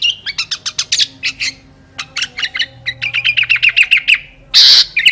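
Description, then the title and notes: Sooty-headed bulbul song: quick bursts of sharp clicking chips, then a fast run of bright warbled notes, ending with a loud harsh burst and a few more notes. Recording made for training other songbirds by imitation (masteran). "suara burung kutilang buat masteran"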